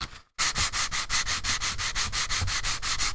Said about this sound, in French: Cette semaine, on a 7 différents papiers. Premièrement, du papier craft. De la compagnie Mange Tout. On va premièrement entendre le son.